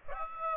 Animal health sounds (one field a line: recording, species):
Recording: mosquito wingbeat signal from an infrared sensor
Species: Aedes aegypti